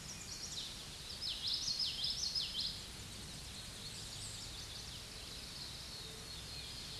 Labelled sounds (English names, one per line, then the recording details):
Common Yellowthroat song
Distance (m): 30 m
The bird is about 5 m above the microphone
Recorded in a Pennsylvania forest on 16 May 2024 at 07:45
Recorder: AudioMoth, point MSD-1418
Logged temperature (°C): 16.4 °C
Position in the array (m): 237 m, 173 m